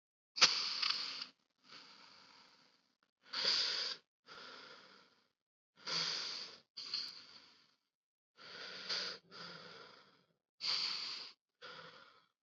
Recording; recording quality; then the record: deep breathing; excellent, no background noise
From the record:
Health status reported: COVID-19 positive, mild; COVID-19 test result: positive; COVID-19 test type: RT-PCR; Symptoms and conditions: cough, fever, fatigue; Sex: male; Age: 26 years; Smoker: no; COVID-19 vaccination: both doses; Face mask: worn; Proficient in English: yes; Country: India